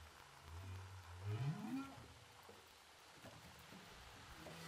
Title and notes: Whales sound by hydrophophone DPA saint paul, ile de la reunion. Baleines à bosse enregistrées à l'hydrophone DPA au large de saint Paul de la réunion